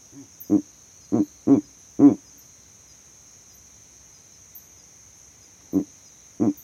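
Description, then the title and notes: Verreaux's eagle owl uttering a series of low, gruff hoots, four in quick succession, a pause, then two more, with a constant shrill insect drone behind. Male advertising his territory at night from a tree in savanna; captured by an overnight recording rig set up in that same tree. "Owl Calling In The Savanna. This Verreaux's eagle owl advertised his territory from the exact tree that I set up my overnight sound recording rig in"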